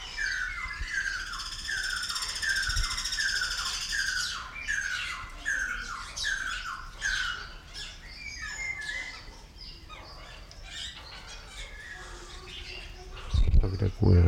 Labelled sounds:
Guira Cuckoo (Guira guira) call

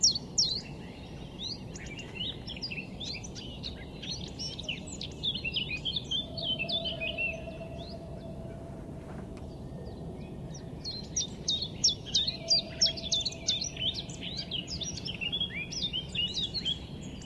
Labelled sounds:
Common Chiffchaff (Phylloscopus collybita)

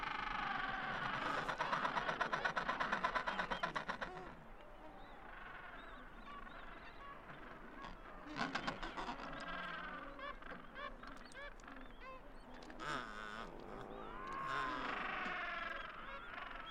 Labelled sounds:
Adelie Penguin (Pygoscelis adeliae) call

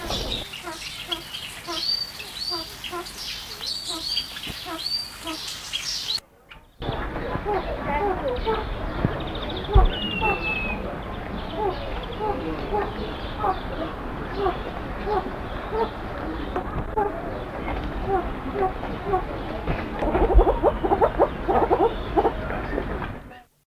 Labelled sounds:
Koklass Pheasant (Pucrasia macrolopha) call

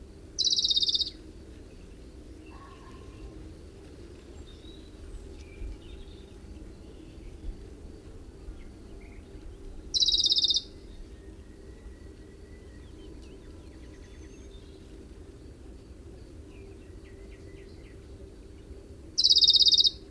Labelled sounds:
Western Bonelli's Warbler (Phylloscopus bonelli) song

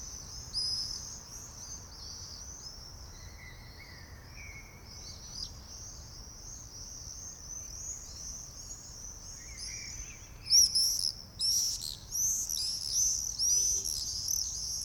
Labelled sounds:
Common Swift (Apus apus) flight call

